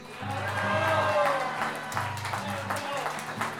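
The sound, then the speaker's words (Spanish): An audience at the Torneo Nacional de Pie Forzado payadores event applauds the host in a steady, dense wash of clapping and crowd noise, with a low rhythmic musical tone pulsing underneath throughout. “Yo creo que el aplauso más grande de la tarde se lo merece el animador.”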